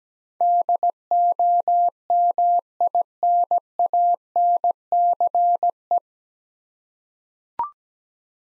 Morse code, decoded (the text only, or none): DOMINANCE